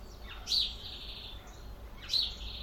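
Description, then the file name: European greenfinch giving two short rising-then-level calls about a second and a half apart, over steady low background rumble. "Chloris chloris"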